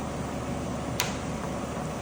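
A lever at the back of a surgical laser's articulated arm lock is pressed down to unlock the arm after it was rotated to the 12:00 position and clicked locked there. A single sharp click sounds at 1.0 s over a steady background hum, and the arm lock releases.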